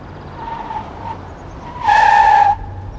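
A car with its headlights off skids in, its tires squealing, faint high screeches building to one loud, sustained shriek that cuts off abruptly, over a low engine rumble. No one speaks.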